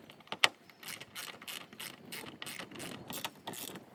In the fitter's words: You can hear the click on the torque wrench. You know it's good.